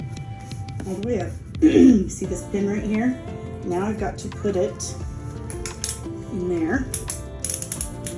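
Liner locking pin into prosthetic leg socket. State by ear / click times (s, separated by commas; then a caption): seated / 7.5 s, 7.6 s, 7.7 s, 7.8 s. Over background music, someone talks while pushing the liner's locking pin into a prosthetic leg socket. The pin ratchets in with a rapid series of sharp clicks at about 7.5, 7.5, 7.5, 7.6, 7.7 and 7.8 seconds, and the pin is seated in the socket.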